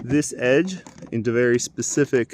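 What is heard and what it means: A plastic access cap for the tailgate trim opening on a 2019 Subaru Impreza is handled while its hooks are lined up with the edge, during a reverse light bulb replacement. Someone talks throughout. Nothing has seated or clicked yet.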